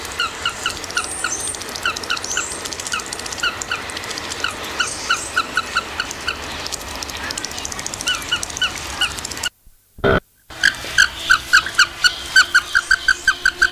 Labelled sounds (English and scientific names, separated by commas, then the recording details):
Andean Flamingo (Phoenicoparrus andinus) call
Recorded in captivity
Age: adult
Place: Zoo Berlin, Berlin, DE
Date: 1999-08-23 16:54
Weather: wolkig, ca. 17-18°C
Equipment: Sony WM-D6C, Sennheiser ME 80, Kopie Uher 4000 Report Monitor
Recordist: Tembrock, Günter